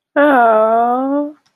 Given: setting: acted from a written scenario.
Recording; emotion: vocal sound without words; adoration